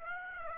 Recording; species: mosquito wingbeat signal from an infrared sensor; Aedes aegypti